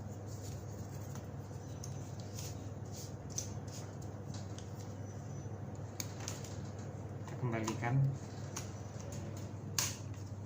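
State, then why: Seated. After the paper space is adjusted, the print head/paper mechanism of a taxi meter thermal receipt printer is pushed back until it clicks into place. Someone talks over a steady low hum with scattered small ticks, and a loud, sharp click at 9.8 s marks the mechanism seating.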